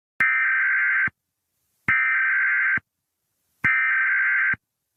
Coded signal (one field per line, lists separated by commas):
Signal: Emergency Alert System (SAME) tones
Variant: header bursts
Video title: EAS scenario: Kee Hat#s Me 4 (FULL)